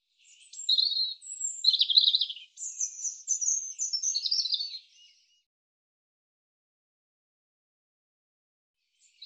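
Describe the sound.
European robin song: one long, varied phrase of high sibilant whistles, warbles and trills lasting about five seconds, then silence until another phrase starts at the very end.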